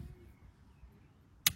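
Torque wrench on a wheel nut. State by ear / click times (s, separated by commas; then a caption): torque reached / 1.5 s. A new torque wrench set to 8 is pulled on a 4x4 wheel nut to compare it with other wrenches. After low, quiet background rumble, a single sharp, loud click rings out at 1.5 seconds as the wrench breaks at its set torque.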